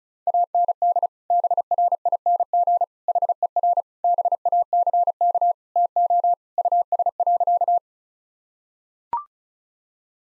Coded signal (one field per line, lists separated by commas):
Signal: Morse code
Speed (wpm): 36 wpm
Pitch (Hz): 700 Hz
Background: none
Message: AND BRING HER BACK TO US.